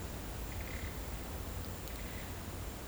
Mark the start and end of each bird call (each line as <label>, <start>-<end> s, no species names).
bird call, 0.45-1.03 s
bird call, 1.92-2.46 s